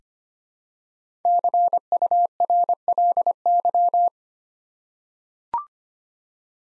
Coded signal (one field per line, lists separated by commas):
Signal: Morse code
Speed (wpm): 25 wpm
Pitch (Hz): 700 Hz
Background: none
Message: CURLY